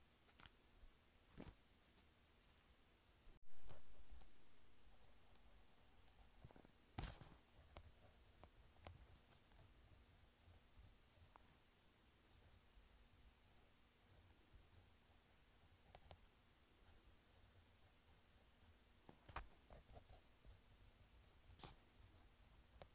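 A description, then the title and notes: Someone writes in a journal, with soft scratchy strokes and light page rustles over a low steady hum. A sharper knock or bump lands near 3 seconds, and brief taps come around 7, 19 and 22 seconds. Writing in journal.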